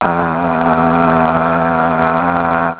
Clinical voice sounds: sustained vowel /a/ by telephone; male; 60 to 69 years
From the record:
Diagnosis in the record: healthy control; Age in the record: 61 years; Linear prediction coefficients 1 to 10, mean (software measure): 1.86, -1.67, 0.77, -0.23, 0.05, 0.11, -0.15, -0.14, 0.32, -0.15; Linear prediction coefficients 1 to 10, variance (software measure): 0.035, 0.141, 0.165, 0.093, 0.047, 0.051, 0.049, 0.035, 0.027, 0.007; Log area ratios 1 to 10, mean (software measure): -2.13, 2.06, -1.10, 0.40, 0.09, 0.22, -0.07, -0.40, -0.09, 0.30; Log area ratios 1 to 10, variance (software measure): 0.054, 0.049, 0.085, 0.069, 0.045, 0.032, 0.032, 0.034, 0.035, 0.029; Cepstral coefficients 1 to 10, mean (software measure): 1.86, 0.08, -0.19, -0.18, -0.11, 0.09, 0.09, -0.16, -0.05, 0.08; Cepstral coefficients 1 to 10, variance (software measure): 0.035, 0.018, 0.011, 0.004, 0.009, 0.004, 0.005, 0.003, 0.002, 0.002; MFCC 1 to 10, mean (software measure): -3.17, 1.56, -1.15, 0.16, 0.17, 0.15, -0.04, 0.74, 0.00, -0.73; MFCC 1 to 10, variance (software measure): 0.760, 0.022, 0.035, 0.037, 0.037, 0.078, 0.058, 0.040, 0.046, 0.048

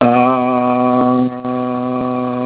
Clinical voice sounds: sustained vowel /a/ by telephone; male; 40 to 49 years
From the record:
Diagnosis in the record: Parkinson's disease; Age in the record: 48 years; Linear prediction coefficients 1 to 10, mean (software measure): 1.81, -1.07, 0.12, -0.16, 0.19, 0.22, -0.13, -0.38, 0.39, -0.10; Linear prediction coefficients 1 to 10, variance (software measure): 0.023, 0.095, 0.140, 0.137, 0.055, 0.059, 0.033, 0.053, 0.052, 0.008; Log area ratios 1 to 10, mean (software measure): -2.94, 2.03, -0.62, -0.02, -0.13, 0.43, 0.47, -0.19, -0.40, 0.21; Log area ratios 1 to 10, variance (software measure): 0.137, 0.068, 0.170, 0.115, 0.255, 0.063, 0.079, 0.052, 0.063, 0.031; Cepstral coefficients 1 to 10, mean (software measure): 1.81, 0.57, 0.16, -0.19, -0.24, 0.06, 0.20, -0.11, -0.03, -0.05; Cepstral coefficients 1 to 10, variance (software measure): 0.023, 0.030, 0.011, 0.015, 0.019, 0.005, 0.010, 0.008, 0.002, 0.008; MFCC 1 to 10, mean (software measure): -4.46, 1.95, -0.23, -0.37, 0.09, 0.49, -0.90, 0.21, 0.46, -0.34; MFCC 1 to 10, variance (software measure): 0.928, 0.033, 0.072, 0.050, 0.106, 0.154, 0.127, 0.117, 0.018, 0.078

